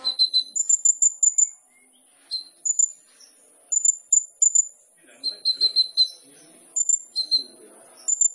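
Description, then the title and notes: Sunbird song of sharp high whistled notes in short quick runs, alternating between two pitches, with short pauses between phrases. Indonesian masteran training recording for songbirds; described as full of varied notes (isian) and bursts (tembakan), suited as a lure (pancingan); bird described as gacor (singing vigorously). "MASTERAN KOLIBRI NINJA TERBAIK FULL ISIAN DAN TEMBAKAN MEWAH COCOK BUAT PANCINGAN. Suara Burung Kolibri Ninja Gacor"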